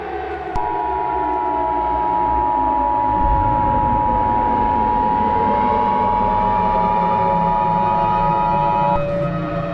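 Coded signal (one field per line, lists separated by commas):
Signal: Emergency Alert System (SAME) tones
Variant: 853 and 960 Hz attention tone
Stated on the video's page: Fictional fanmade EAS scenario.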